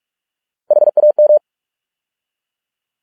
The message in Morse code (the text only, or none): HAM